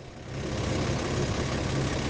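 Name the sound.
bus engine idling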